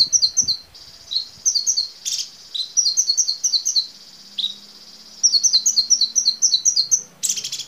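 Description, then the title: Small bird song in quick bursts of bright, high twittering notes separated by short pauses, over a steady high-pitched hiss. "Burung Kecil"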